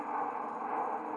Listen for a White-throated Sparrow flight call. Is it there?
no